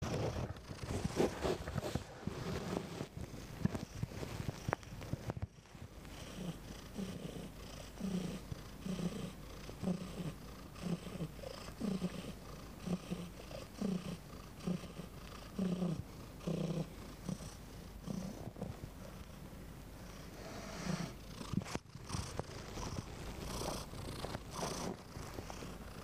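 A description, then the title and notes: A cat purrs steadily in low, rumbling pulses that rise and fall about once a second, clearest through the middle of the clip. The opening and closing seconds are busier, with scratchy rustling and clicks, and brief silent gaps near 5 and 22 seconds. Purring.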